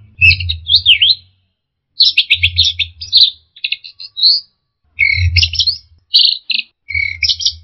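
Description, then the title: Orange-headed thrush singing a fast, varied run of chirped and slurred notes in phrases about a second long, separated by brief gaps, with dull low bumping sounds. "Burung Anis Merah"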